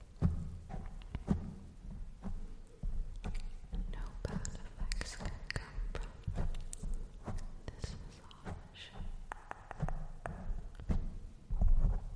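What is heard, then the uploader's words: Assorted triggers: a busy run of soft taps, clicks and muffled low thumps, arriving irregularly a few times per second throughout. Brief rustling, scratchy bursts rise above them now and then, and a louder knock lands near the end. Fading In and Out | Assorted Triggers.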